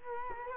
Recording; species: mosquito wingbeat signal from an infrared sensor; Culex quinquefasciatus